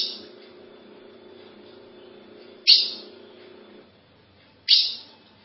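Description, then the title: Ultramarine grosbeak with a few sharp, clipped call notes a couple of seconds apart; a low hum stops partway through. "Azulao"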